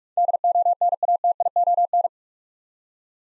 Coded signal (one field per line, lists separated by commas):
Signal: Morse code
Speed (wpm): 44 wpm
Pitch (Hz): 700 Hz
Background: none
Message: DONATION